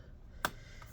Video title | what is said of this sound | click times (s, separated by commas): DELL XPS 17 9720 Disassembly RAM SSD Hard Drive Upgrade Battery Replacement Repair Quick Look Inside | and we're going to continue working our way across you can see you can hear it popping open | 0.4 s